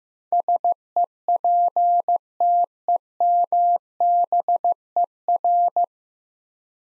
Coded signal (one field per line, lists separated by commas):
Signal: Morse code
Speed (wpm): 15 wpm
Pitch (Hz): 700 Hz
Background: none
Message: SEPTEMBER